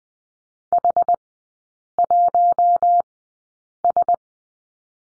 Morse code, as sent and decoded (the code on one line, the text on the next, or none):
.... .---- ...
H1S